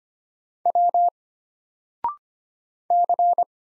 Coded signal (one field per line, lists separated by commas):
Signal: Morse code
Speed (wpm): 25 wpm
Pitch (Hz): 700 Hz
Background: none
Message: W C